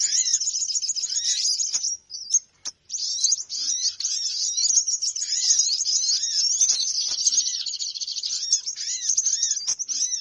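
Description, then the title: Birds chatter and twitter almost nonstop in a shrill chorus, with repeated short arched whistles and a couple of brief breaks near the start. Lure sound played to attract birds; title says many noisy birds gather close as soon as it is played. "Suara Pikat Burung Ribut"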